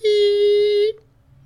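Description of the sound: A single steady, unwavering tone of just under a second, voiced by a person imitating a cardiac monitor. It mimics the flatline alarm, the continuous tone a monitor sounds when no heartbeat is detected (asystole).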